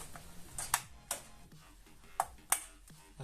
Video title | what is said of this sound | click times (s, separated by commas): ¡GUÍA COMPLETA Para Armar Tu PC Gaming Desde CERO! | que haga un clic solitas estas pestañas se deben de meter | 2.2 s, 2.5 s